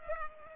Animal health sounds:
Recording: mosquito wingbeat signal from an infrared sensor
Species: Culex pipiens

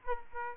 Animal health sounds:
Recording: mosquito wingbeat signal from an infrared sensor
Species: Aedes aegypti

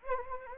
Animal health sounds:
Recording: mosquito wingbeat signal from an infrared sensor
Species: Anopheles gambiae

